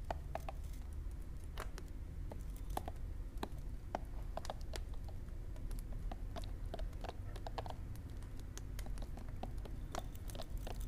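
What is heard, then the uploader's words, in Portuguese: A fireplace burns steadily, its low, even roar filling the background throughout. Sharp crackles and pops break out irregularly, several each second, some bright, others softer, with no lull across the whole stretch. ASMR AMIGA TE AJUDA A DORMIR AO SOM DE LAREIRA.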